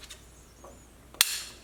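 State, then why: Seated. A plastic side rail of a drive tray is pressed onto a 3.5-inch hard drive, the second side clip after the other side was lined up. It is quiet at first, with a faint tap around 0.1 s, then a loud, sharp click at 1.2 s. The clip locks and the drive is fully installed.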